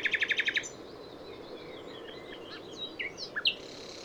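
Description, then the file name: Common nightingale: a brief fast burst of about eight repeated notes opens, followed by scattered quiet whistles and a few sharp chirps. "Luscinia megarhynchos"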